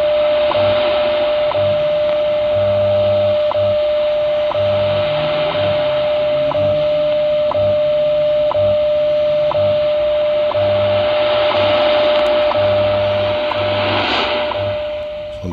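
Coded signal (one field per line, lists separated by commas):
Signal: radio time signal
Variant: WWV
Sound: steady mid-pitch tone with a short tick every second and a low pulsing hum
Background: radio static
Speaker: so this is a wwv time signal on 15 megahertz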